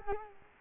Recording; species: mosquito wingbeat signal from an infrared sensor; Culex quinquefasciatus